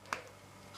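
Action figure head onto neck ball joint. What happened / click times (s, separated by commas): The figure's head popped onto its neck joint / 0.1 s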